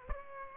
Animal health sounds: mosquito wingbeat signal from an infrared sensor; Aedes albopictus

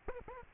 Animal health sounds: mosquito wingbeat signal from an infrared sensor; Aedes aegypti

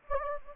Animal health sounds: mosquito wingbeat signal from an infrared sensor; Anopheles gambiae

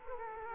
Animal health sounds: mosquito wingbeat signal from an infrared sensor; Culex quinquefasciatus

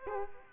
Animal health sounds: mosquito wingbeat signal from an infrared sensor; Culex quinquefasciatus

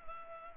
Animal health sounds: mosquito wingbeat signal from an infrared sensor; Culex pipiens

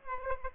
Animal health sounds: mosquito wingbeat signal from an infrared sensor; Aedes aegypti

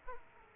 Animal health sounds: mosquito wingbeat signal from an infrared sensor; Aedes aegypti

